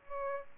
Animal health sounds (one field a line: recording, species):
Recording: mosquito wingbeat signal from an infrared sensor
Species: Aedes albopictus